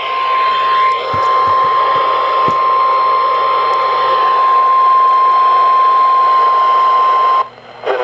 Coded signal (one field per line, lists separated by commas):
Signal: Emergency Alert System (SAME) tones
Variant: 1050 Hz attention tone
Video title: Hugh Jass Warnings... EAS Alerts from 6/24/19 (EAS #2,811 - 2,825)